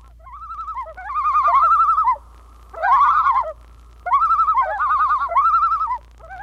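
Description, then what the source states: Common loon call: quavering tremolo phrases wobbling around one pitch, separated by short pauses. Described by John Muir as one of the wildest and most striking wilderness sounds: a strange, sad, mournful, unearthly cry, half laughing, half wailing.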